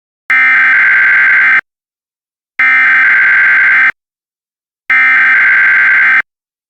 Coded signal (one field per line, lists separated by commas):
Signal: Emergency Alert System (SAME) tones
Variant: header bursts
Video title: EAS Mock Scenario - Indoor Waterpark & Loop Terrorism